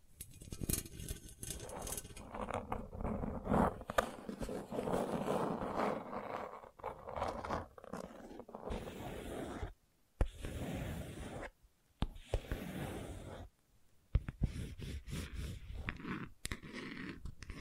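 Gentle scratching sounds, a soft, dense rasping that runs continuously with small irregular strokes and taps. The scratching grows fuller in the middle, then breaks into shorter bursts separated by brief silences near 10, 11.5 and 14 seconds.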